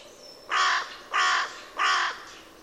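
Bird giving three harsh, hoarse caws, each about a third of a second long and spaced roughly every 0.6 seconds, against a quiet background.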